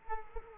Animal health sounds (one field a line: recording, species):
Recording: mosquito wingbeat signal from an infrared sensor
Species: Culex quinquefasciatus